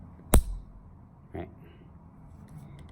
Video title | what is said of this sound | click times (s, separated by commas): How to remove and attach Hydra and Trunk Cable from Patch Panel | thing you push it and you should hear a click right | 0.3 s